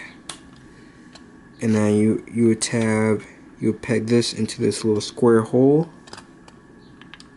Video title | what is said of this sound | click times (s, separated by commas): Titans Return Leader Class Soundwave | groove right there will go right and there you will hear click and now you | 0.3 s